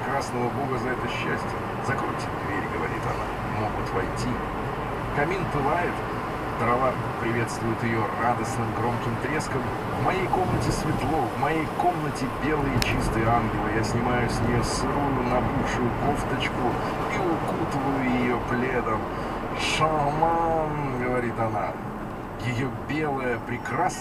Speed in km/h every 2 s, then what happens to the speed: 48, 50, 53, 57, 59, 61, 62, 62, 64, 64, 62, 59.
0-7 speeds up to 59. 7-16 steady at about 62.